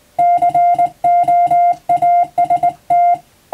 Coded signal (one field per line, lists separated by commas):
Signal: Morse code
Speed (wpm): 20 wpm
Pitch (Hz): 700 Hz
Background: music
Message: COAST